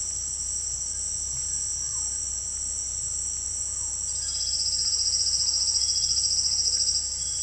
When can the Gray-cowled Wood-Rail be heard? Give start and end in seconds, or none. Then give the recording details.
4.03-7.43. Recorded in dense forest near Puerto Asís, Putumayo, Colombia, on 18 February 2024 at 18:00. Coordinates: 0.487, -76.319. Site G6403